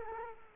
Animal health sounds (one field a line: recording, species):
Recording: mosquito wingbeat signal from an infrared sensor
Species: Culex quinquefasciatus